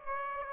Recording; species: mosquito wingbeat signal from an infrared sensor; Aedes aegypti